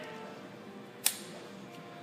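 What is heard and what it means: On a Ford Taurus 3.0L 12v during a head gasket replacement, the plastic safety catch on the fuel line quick-connect coupling is snapped closed over the already seated fuel connector. A single sharp click sounds at 1.1 s over a low, steady background hum. The safety catch is closed and the connector is seated.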